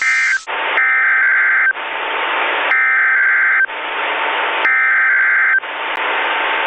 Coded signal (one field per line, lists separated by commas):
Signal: Emergency Alert System (SAME) tones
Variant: header bursts